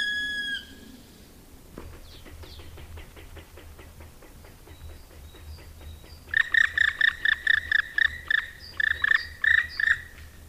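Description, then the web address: Black woodpecker calls: a long note ending at the start, then a fast train of short taps, then a loud series of clipped, ringing notes repeated rapidly. "agykontroll Madardalok Cd 1. Fekete harkály"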